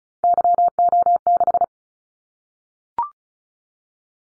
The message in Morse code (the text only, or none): YO6